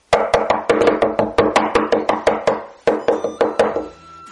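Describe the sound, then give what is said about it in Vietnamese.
Rapid, insistent knocking on a door early in the morning, waking someone: a steady run of sharp, loud raps, a brief pause, then a shorter burst of knocks that trails off into a ringing tail. No voices. “Sáng sớm, Lâm Tư Hàn liền bị một trận tiếng đập cửa cộc cộc đánh thức.”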